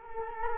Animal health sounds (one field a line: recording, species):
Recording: mosquito wingbeat signal from an infrared sensor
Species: Culex quinquefasciatus